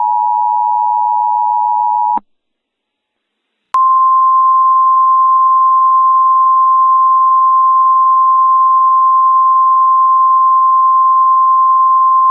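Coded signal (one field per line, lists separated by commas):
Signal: Emergency Alert System (SAME) tones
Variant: 853 and 960 Hz attention tone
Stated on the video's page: Mock EAS scenario using valid EAS tones, a Halloween fictional scenario with music.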